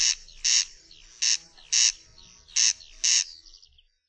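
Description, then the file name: Corn crake rasping crex-crex, three clear pairs of loud grating notes about a second apart, then a faint trailing whistle. "derkacz"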